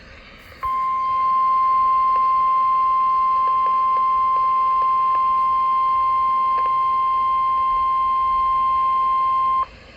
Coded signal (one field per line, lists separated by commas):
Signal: Emergency Alert System (SAME) tones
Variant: 1050 Hz attention tone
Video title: EAS #823 Tornado Warning EAS #824 Flash Flood Warning